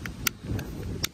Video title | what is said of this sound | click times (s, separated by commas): 2014 - 2018 Chevy Silverado GMC Sierra Service Trailer Brake System Fix | click this together modules back together maybe i won't have to buy a new one | 0.3 s, 1.1 s